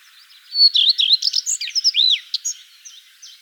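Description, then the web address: Common redstart singing: an opening whistle, repeated clear notes, then a tumbling twitter that includes a downward-curving slurred note. "vogelstimmen gartenrotschwanz gesang nabu lars lachmann"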